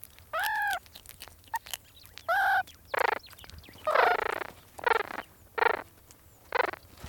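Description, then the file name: Meerkat calls, nasal whining notes followed by a run of harsh chirps. Meerkat pups calling to one another while eating a scorpion. "meerkat pups chatting as they eat a scorpion"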